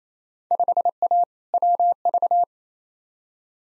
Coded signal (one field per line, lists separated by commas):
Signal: Morse code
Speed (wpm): 27 wpm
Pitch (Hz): 700 Hz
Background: none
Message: 5A WV